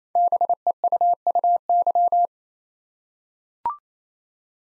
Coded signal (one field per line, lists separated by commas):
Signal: Morse code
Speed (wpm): 29 wpm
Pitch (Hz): 700 Hz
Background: none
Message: BEUUY